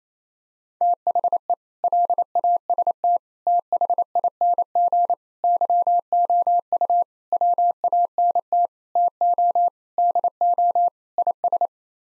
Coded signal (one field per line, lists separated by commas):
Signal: Morse code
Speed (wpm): 28 wpm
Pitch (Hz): 700 Hz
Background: none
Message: THE LAST THING YOU WANT TO DO IS